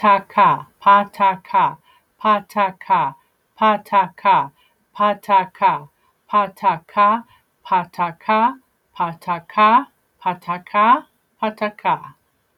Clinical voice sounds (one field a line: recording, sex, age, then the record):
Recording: repeated syllables /pa ta ka/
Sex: female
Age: 40 to 49 years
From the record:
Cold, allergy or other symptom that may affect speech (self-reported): no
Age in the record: 46 years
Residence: California, United States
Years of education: 13